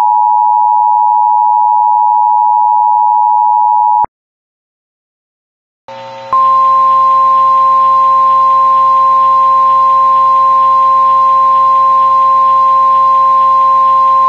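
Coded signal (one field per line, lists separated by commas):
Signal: Emergency Alert System (SAME) tones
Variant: 853 and 960 Hz attention tone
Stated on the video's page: Simulated mock EAS alert, not a real broadcast.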